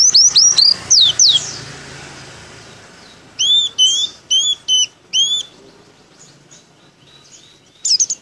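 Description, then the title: White-eye song: a fast run of high downslurred whistles, a pause, then spaced, hooked two-tone whistled notes in quick succession. Pleci dakun type from Merapi, singing open-beaked with continuous canary-like phrases. "Pleci Dakun Merapi Buka Paruh sambung Kenarian"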